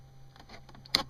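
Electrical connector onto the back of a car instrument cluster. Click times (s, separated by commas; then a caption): 0.9 s. A plastic multi-pin electrical connector is pushed back onto the back of the gauge cluster of a Mercedes C230 W202, after a check for bent pins, with its locking clip pressed down. Faint plastic ticks lead up to one loud, sharp snap at 0.95 s. The connector is seated and the odometer works again.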